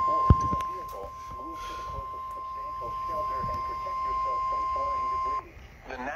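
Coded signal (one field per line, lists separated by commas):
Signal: Emergency Alert System (SAME) tones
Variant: 1050 Hz attention tone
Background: speech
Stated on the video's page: Tornado warning received on weather radio.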